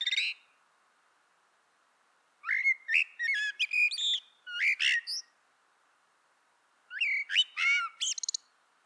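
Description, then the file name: Common blackbird song: the tail of one phrase, then two phrases of mellow whistled notes, each breaking into higher, squeaky twittering, separated by a pause of under two seconds. "Turdus merula"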